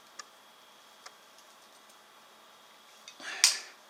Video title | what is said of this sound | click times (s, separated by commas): Esential Information Running a Copper Kerosene Feed Pipe | there there's the click | 3.4 s